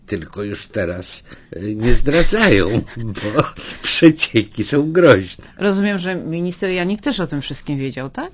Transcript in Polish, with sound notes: Tylko już teraz nie zdradzają, (śmiech) bo przecieki są groźne. Rozumiem, że minister Janik też o tym wszystkim wiedział?